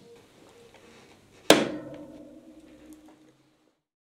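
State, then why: Seated. With the brake held and the pedal pushed forward, chain tension snaps the steel quick link on a bicycle drivetrain into its locked slot. A sharp metallic click at 1.5 s rings briefly and fades, followed by a faint tick near 2.9 s. The quick link is seated and locked.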